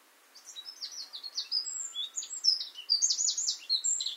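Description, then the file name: Eurasian wren in continuous song: a rapid, jumbled stream of high, sharp notes and short trills that grows louder toward the end. "Troglodytes troglodytes"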